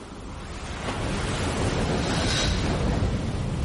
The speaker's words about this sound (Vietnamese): Tôi thấy mình đang đứng trước một bãi biển hoang vu với tiếng sóng vỗ rền rào.